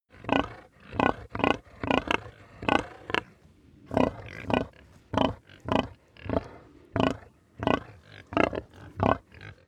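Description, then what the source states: Pigs grunting: short, rough grunts from several animals in an uneven run of many bursts, some overlapping, with quiet gaps between. A calm crowd of several pigs grunting.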